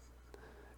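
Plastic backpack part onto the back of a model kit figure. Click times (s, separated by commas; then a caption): 0.3 s. A plastic backpack part is pushed onto the back of a plastic Gundam model kit figure and clicks into place at 0.3 seconds with a short, sharp snap over a low steady background hum, while someone talks softly. It seats, but the fit is loose and the backpack keeps falling off again.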